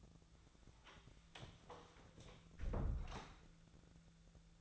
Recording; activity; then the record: daily activity, microphone in the room; close door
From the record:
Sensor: 3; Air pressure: 1000.5 hPa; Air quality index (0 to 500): 181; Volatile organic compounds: 4 ppm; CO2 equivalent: 1571 ppm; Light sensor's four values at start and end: 12/29/12/13 and 12/29/12/13